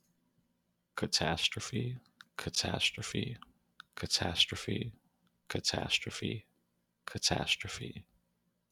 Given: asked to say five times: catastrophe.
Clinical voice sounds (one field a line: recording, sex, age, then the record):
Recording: repeated word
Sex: male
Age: 30 to 39 years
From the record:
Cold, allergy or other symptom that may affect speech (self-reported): no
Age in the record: 33 years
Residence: Florida, United States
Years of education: 15